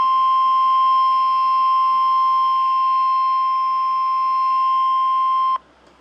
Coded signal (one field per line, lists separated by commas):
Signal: Emergency Alert System (SAME) tones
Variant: 1050 Hz attention tone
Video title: (EAS #84) severe thunderstorm warning 4/28/2025